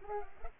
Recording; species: mosquito wingbeat signal from an infrared sensor; Culex pipiens